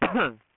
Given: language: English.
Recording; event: throat vibration sensor signal played as sound; cough